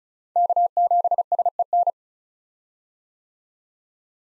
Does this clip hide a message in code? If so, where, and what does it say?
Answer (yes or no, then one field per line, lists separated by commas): yes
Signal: Morse code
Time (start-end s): 0.4-1.9 s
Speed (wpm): 34 wpm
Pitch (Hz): 700 Hz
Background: none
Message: K7SEN